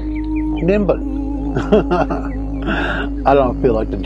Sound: laughter